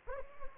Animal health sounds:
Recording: mosquito wingbeat signal from an infrared sensor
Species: Anopheles gambiae

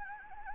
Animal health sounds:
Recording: mosquito wingbeat signal from an infrared sensor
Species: Anopheles gambiae

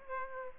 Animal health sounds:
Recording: mosquito wingbeat signal from an infrared sensor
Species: Aedes aegypti

